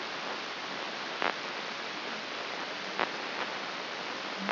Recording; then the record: brain microelectrode recording played as sound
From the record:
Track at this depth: outside the subthalamic nucleus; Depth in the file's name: 4.423 mm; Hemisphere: left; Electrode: 2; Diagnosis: Parkinson's disease